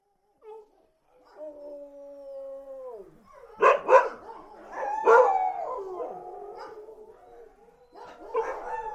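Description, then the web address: Dog gives a short yelp, a long steady howl that drops at its end, then a burst of loud barks followed by yodelling, wavering cries. "animal dog"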